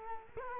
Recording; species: mosquito wingbeat signal from an infrared sensor; Culex quinquefasciatus